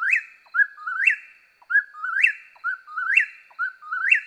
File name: Eastern Whip-poor-will